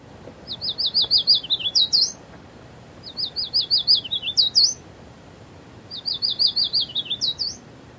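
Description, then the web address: Yellow warbler singing three bright songs, each a quick run of sweet high repeated notes ending in an accented flourish, separated by short pauses. "Thumbs Plus Zoo Field Guide Repository Sounds"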